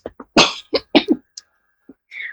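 About six short, rough cough bursts with throat clearing from an adult woman over a phone line; she has a cough and a cold.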